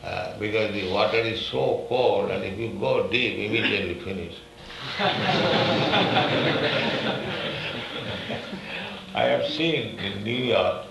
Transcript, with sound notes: because the water is so cold, and if you go deep, immediately finish. [laughter] I have seen in New York.